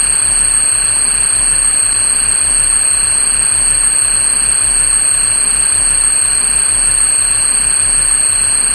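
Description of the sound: A steady, piercing high-pitched whine with fainter higher tones sits over constant hiss, unchanging for about nine seconds. It simulates a screeching tinnitus tone, the ringing a person with tinnitus hears with no outside source.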